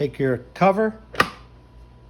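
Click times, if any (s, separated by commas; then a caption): 1.2 s. Someone talks as a plastic battery compartment cover is put over the battery compartment on an Aventon eBike frame and pressed down. A single sharp click is heard at 1.2 s as the cover locks shut and seats.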